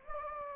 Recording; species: mosquito wingbeat signal from an infrared sensor; Anopheles gambiae